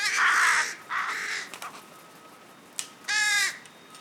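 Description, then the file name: Carrion crow calling with rough, grating caws: two in quick succession, a brief quieter note, then one more caw after a pause. "Corvus corone"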